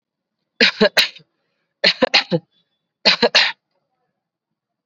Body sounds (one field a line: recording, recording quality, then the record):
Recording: heavy voluntary cough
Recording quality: excellent, no background noise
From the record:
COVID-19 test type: RT-PCR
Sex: male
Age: 19 years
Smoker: no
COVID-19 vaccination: both doses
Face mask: worn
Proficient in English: yes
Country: India